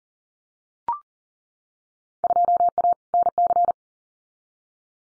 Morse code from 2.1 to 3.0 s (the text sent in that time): 2A